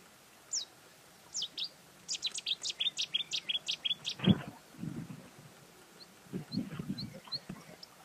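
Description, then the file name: Bluethroat song with scattered high chips that speed into a rapid ringing series, a thump, then a few quiet widely spaced notes. "gorge bleue"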